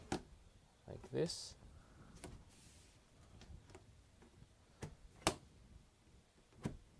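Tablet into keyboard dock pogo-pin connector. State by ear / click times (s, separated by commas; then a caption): seated / 5.3 s. An Alldocube X Game tablet is pushed down onto the pogo-pin connector of its keyboard dock while someone talks. A few light contact taps are followed by a sharp snap at 5.3 s as the tablet seats in the dock.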